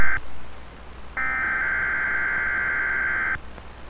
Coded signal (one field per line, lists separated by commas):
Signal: Emergency Alert System (SAME) tones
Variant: header bursts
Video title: Weatheradio Canada XLF322 | Blizzard Warning and Winter Storm Warning 2021-11-16 (EAS #74 and #75)